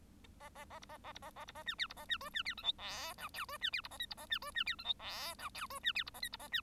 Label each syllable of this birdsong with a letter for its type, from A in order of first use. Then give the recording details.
A A A B A A B A A B A C D B A C E C D F G H I J E C D B A K B A C E C D F G H I J E C D B A K B A C. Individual Bird1